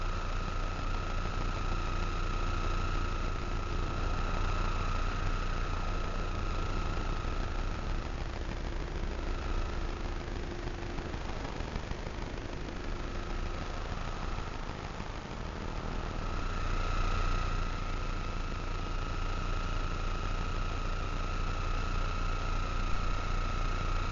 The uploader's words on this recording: Vlad designed it for hearing the invisible electromagnetic frequencies that surround us. Ether is a handheld object, a little black box, that contains a magnetic antenna and an integrated electronic antenna. This episode of sonic sketchbooks is built entirely from sounds detected by Ether as I wandered about the streets of my local neighbourhood.